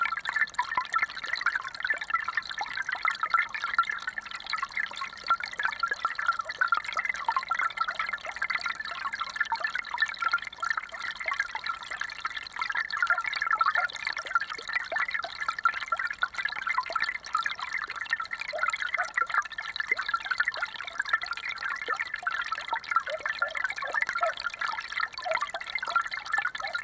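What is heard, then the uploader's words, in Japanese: A fountain splashes steadily, a dense hiss of falling water with no pauses across the whole stretch. The sound sits mostly in the middle and upper range, thick with fine droplet patter, while a faint low hum runs quietly underneath early on. 今田遊水地 - ジャブジャブ池。水中マイクで噴水の音を録りました。マイクロフォン：JrF microphones STANDARD HYDROPHONE×2。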